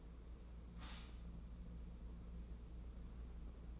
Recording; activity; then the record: daily activity, microphone in the room; stop toaster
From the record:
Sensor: 1